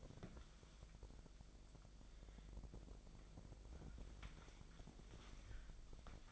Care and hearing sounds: daily activity, microphone in the room; wipe stove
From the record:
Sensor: 5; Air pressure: 1001.7 hPa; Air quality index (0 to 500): 179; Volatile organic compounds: 11 ppm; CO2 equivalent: 2294 ppm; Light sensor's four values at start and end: 24/82/31/32 and 24/82/31/32

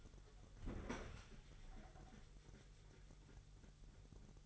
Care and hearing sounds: daily activity, microphone in the room; open fridge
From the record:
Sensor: 4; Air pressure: 989.2 hPa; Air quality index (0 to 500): 224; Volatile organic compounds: 82 ppm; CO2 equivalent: 3624 ppm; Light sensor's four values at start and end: 27/93/34/36 and 26/90/33/35

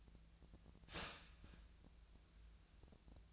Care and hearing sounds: daily activity, microphone in the room; start toaster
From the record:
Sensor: 2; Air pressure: 1009.2 hPa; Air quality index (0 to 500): 186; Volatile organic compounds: 11 ppm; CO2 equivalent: 2315 ppm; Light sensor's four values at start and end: 20/50/21/23 and 22/56/24/26

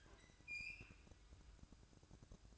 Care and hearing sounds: daily activity, microphone in the room; open fridge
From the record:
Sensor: 2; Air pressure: 1007.6 hPa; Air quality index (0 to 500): 57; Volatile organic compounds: 1 ppm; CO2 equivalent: 586 ppm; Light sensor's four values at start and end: 9/22/9/9 and 9/22/9/9

